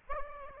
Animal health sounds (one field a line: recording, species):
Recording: mosquito wingbeat signal from an infrared sensor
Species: Aedes aegypti